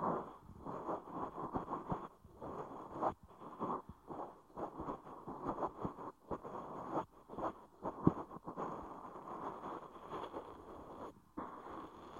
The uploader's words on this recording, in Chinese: 一次纯粹清洁耳朵的体验。